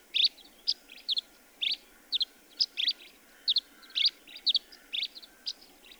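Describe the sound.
Bird singing bright, quick chirps and short double notes in an uneven rhythm over faint steady background noise.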